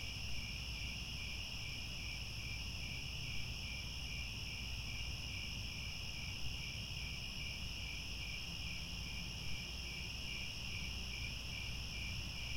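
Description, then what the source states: Steady cricket chirping fills the recording, high rapid pulses stacked in bands, over a soft continuous rumble. Chorus of crickets at twilight, as the sun sets and stars appear.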